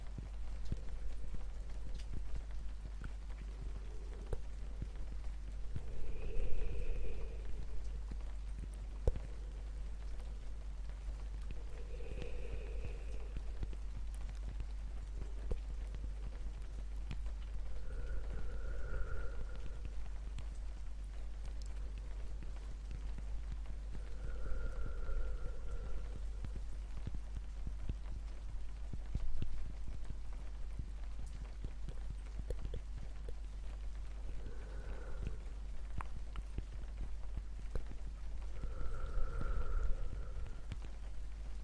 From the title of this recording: subtle and gentle tapping sounds in the rain w bassy breathy whispers and more